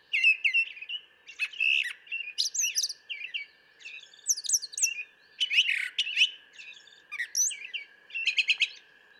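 Brown thrasher song: a continuous, varied stream of chattering, whistled and scratchy phrases in quick succession, over a faint constant tone.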